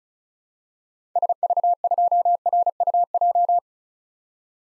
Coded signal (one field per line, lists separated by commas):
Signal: Morse code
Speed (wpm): 36 wpm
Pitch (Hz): 700 Hz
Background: none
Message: SV2RUJ